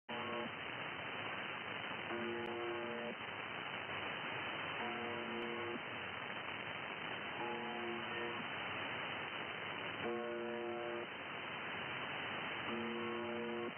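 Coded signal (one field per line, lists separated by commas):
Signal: channel marker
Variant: UVB-76 (The Buzzer)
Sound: short low harsh buzzes, about one second each, repeating every 2.5 seconds through hiss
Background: radio static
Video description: First attempts on picking up the buzzer seem to work well.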